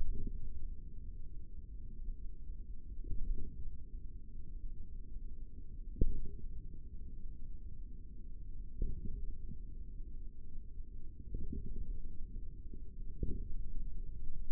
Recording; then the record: forearm muscle sounds (acoustic myography)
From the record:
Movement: finger pinch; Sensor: system 3, bracelet of six PUI Audio POM-2738L microphones around the upper forearm, with dedicated amplification and filtering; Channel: 6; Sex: male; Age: 25 years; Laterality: right